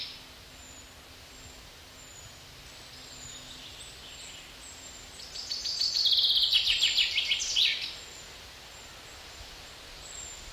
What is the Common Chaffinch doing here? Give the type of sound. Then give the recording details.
song. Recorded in the wild. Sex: male. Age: adult. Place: Mühlenbecker See, Brandenburg, DE. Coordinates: 52.7, 13.4. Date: 1988-07-10 12:08. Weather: overcast, 17-20°C, winds. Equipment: Sony WM-D6C, Kopie Tesla B 116. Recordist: Tembrock, Günter. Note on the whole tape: Mühlenbecker See. mehrmals mit Doppel-"kick" endend